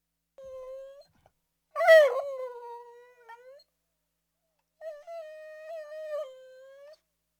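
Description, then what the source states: Dog whining: a soft steady whine, then a sharper, louder cry that settles into a held note, and after a pause one more level, drawn-out whine. Medium-sized dog whining.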